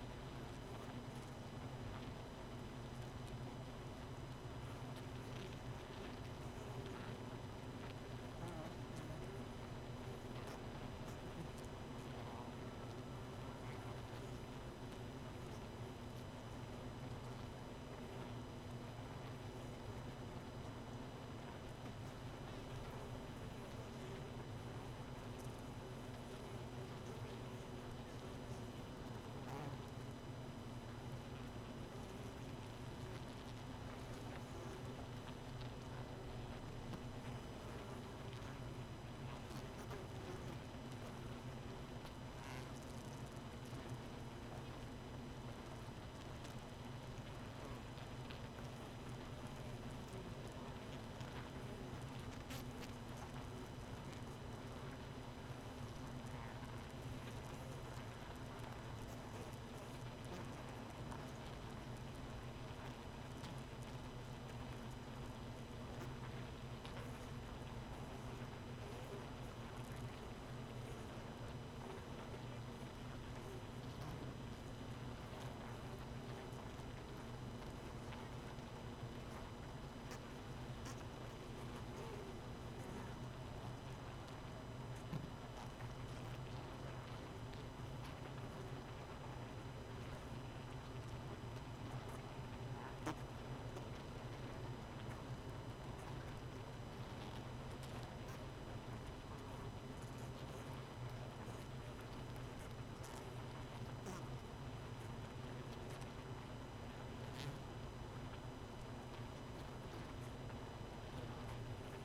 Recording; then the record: honeybee colony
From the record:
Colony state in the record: missing queen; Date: 31 May 2018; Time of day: 0:02